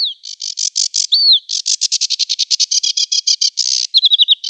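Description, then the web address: Sedge warbler with a rapid, grating chatter of repeated harsh notes, a whistled slur early on, and a quick run of short slurred notes near the end. "Schulze Peter Sedge Warbler song"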